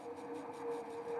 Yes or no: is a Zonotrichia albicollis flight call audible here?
no